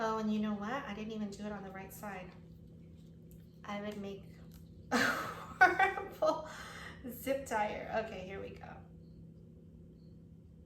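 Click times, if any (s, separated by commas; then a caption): none. A woman talks while trying to close a zip tie around loops of satin ribbon, with only faint handling sounds under her voice. The zip tie fails to ratchet, and nothing has clicked yet.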